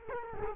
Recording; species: mosquito wingbeat signal from an infrared sensor; Culex quinquefasciatus